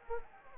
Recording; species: mosquito wingbeat signal from an infrared sensor; Anopheles arabiensis